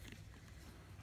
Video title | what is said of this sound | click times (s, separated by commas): Lansinoh Breast Pump Review, Packing Pump Bag, Ju-Ju-Be Be Quick | where it says push, you push down and you hear it click. | 0.1 s